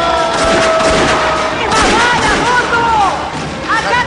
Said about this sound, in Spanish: Cuidado con los petardos.